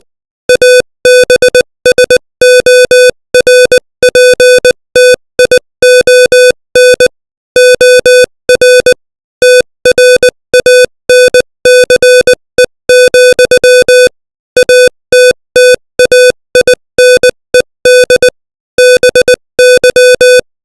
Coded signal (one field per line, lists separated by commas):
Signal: Morse code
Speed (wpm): 19 wpm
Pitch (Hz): 500 Hz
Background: music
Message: ABSORPTION OR TRANCE, ATTAINED BY